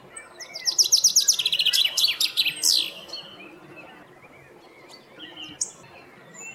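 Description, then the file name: Common chaffinch song, a single cascading phrase of rapid high notes dropping in pitch before a final emphatic flourish, followed by quieter scattered bird calls. "Fringilla coelebs"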